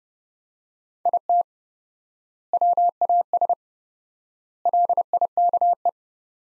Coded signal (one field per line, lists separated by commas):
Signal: Morse code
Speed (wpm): 30 wpm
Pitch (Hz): 700 Hz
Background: none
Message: IT WAS LIKE